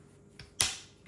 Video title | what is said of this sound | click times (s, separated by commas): How to install a red dot reflex sight Holosun 407 | there we go put two clicks | 0.4 s, 0.6 s